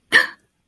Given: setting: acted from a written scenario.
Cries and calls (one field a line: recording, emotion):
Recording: vocal sound without words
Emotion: fear